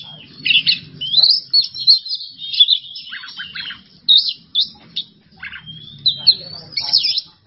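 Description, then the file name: Oriental magpie-robin giving bursts of high whistles and rising slurred notes, separated by short gaps, with a faint low rumble beneath. Masteran training recording for songbirds; song style named bongkar isian emosi. "Masteran Kacer Bongkar Isian Emosi"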